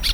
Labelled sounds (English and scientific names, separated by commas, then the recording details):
Brown-throated Parakeet (Eupsittula pertinax) contact call
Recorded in Venezuela
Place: Tumeremo, Edo. Bolívar
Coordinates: 7.209, -61.364